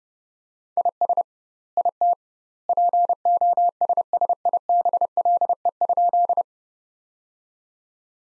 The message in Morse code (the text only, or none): IS IT POSSIBLE?